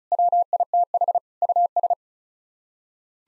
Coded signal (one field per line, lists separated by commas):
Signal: Morse code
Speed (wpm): 34 wpm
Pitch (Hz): 700 Hz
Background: none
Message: WITH US